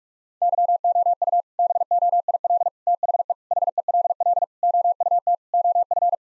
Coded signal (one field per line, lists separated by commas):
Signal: Morse code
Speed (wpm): 42 wpm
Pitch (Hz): 700 Hz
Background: none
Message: YOU BOIL THE HELL OUT OF